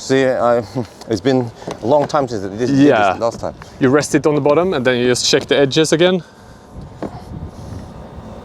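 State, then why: Seated. A Campstream window-mounted climate unit panel is rested on the bottom of a Tesla Model 3 door window frame while someone talks, and its edges are checked and pressed. After the talking stops, a single sharp knock sounds at 7.0 s as the panel is pressed home at the top edge and seats snugly.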